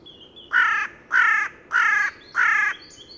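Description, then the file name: Carrion crow calling four rasping caws in a steady series, roughly every 0.6 seconds, with faint small-bird notes behind. "Corvus corone"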